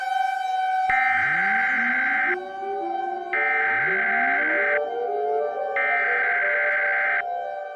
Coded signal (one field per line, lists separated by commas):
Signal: Emergency Alert System (SAME) tones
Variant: header bursts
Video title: mini EAS scenario birthday virus